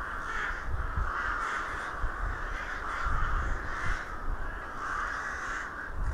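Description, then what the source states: Crows cawing in a dense, overlapping chorus, harsh calls rising and falling in waves over a steady low rumble. Crows recorded in Hernals, Vienna, in December 2021.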